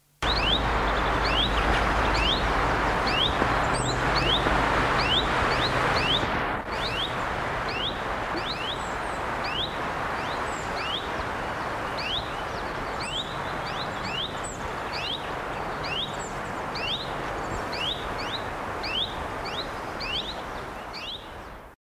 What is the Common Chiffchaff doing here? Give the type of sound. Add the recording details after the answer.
alarm call. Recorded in the wild. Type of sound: alarm call. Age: diverse. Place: Wintermoor (Schneverdingen), Lüneburger Heide, Niedersachen, DE. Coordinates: 53.0881, 9.74917. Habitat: field, birch. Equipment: Halbspur, 9,5 cm/s. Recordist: Lütgens, Hans. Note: Alte warnen, flügge Junge rufen